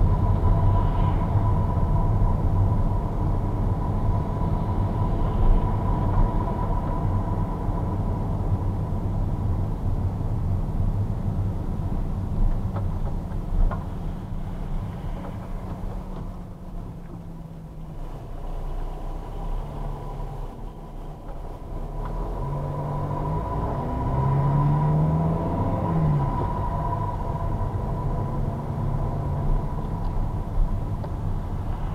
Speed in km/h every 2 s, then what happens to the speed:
33, 33, 34, 34, 31, 27, 22, 14, 5, 5, 5, 10, 20, 23, 23, 22.
0-7 steady at about 33. 7-16 slows to 5. 16-21 steady at about 5. 21-25 speeds up to 23. 25-32 steady at about 23.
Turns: 18-24.